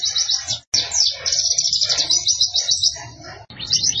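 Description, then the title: White-eye song: a rapid, high, chattering trill of repeated notes, briefly broken by a click and a pause, then resuming. Training recording for cage birds, described as gacor, meaning vigorous, frequent singing. "Pleci Gacor 02. Masteran Burung PLECI Paling DICARI Untuk Cetak PRESTASI"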